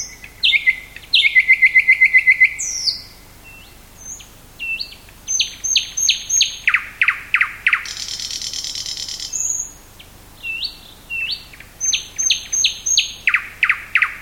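Thrush nightingale song: loud varied phrases with a rapid rattle, downward-swept notes repeated in series, a harsh buzzy burst and high whistles, separated by short pauses.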